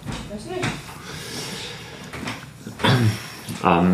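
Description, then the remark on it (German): A door is pushed shut with a few soft knocks and a firmer clunk, the handle rattling briefly, while indistinct voices murmur in the background. “Ich mach mal hier die Tür zu.”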